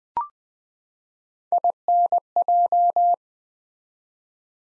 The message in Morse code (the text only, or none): INJ